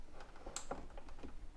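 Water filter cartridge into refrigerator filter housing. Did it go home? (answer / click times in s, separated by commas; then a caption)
yes / 0.6 s. A water filter cartridge is rotated clockwise about a quarter turn into its housing in a GE Profile refrigerator. A sharp click sounds at 0.6 s, followed by a softer tick at 0.7 s and faint clicks and rustling. The cartridge seats into place.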